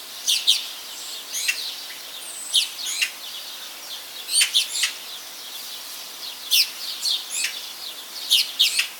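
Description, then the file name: Eurasian magpie giving harsh, dry chak notes, single or in quick pairs and triples at irregular intervals, over a steady background hiss. "Pica pica"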